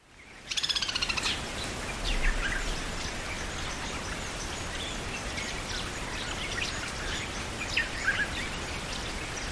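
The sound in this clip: White-headed jungle babbler, harsh rattling chatter in a short burst, then scattered squeaky chirps over steady hissing background noise.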